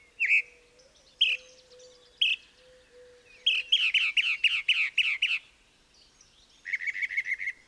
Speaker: In the semi-darkness, a lone mockingbird serenades us as we pass by his perch.